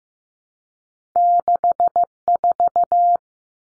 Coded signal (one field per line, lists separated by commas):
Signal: Morse code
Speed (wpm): 15 wpm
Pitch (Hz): 700 Hz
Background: none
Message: 64